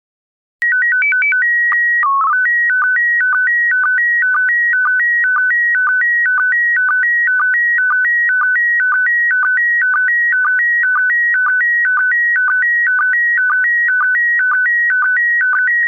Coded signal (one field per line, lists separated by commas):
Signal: SSTV (slow-scan television)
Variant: PD 120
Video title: Slow Scan Radio, August 22, 2018, Ep. 5